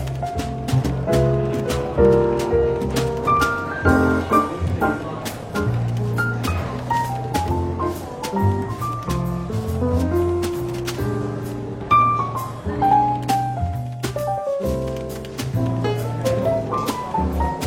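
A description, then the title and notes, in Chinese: Soft, easygoing jazz plays over the quiet hum of a bookshop café. A walking bass line and clear melodic notes run steadily throughout, with light cymbal ticks recurring every second or so, and a faint murmur of voices sits underneath. 伦敦书店咖啡馆轻微喧闹氛围与柔和轻松的爵士背景音乐。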